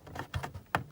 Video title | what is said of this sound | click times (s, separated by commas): BEST (or possibly worst) PONG KNOCKOFF ever - Wonder Wizard Bulls Eye - Ergonomic controller! Repair | should click in on this end are the games and skill levels one through four | 0.8 s